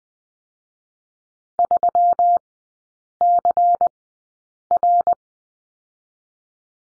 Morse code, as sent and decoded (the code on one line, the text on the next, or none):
...-- -.-. .-.
3CR